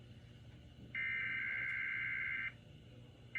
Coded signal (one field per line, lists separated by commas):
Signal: Emergency Alert System (SAME) tones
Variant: header bursts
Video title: EAS 2754-2756: KDKA EAS Test + Relays + Usual VC from 10/31/21